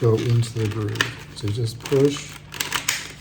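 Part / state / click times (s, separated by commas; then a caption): plastic comb honey cassette into wooden frame groove / seated / 2.6 s, 2.9 s. A plastic comb-honey cassette is pushed into a slotted wooden frame while someone talks. Sharp snaps at about 2.6 s and 2.9 s mark its tabs snapping into the frame groove, and the cassette is seated.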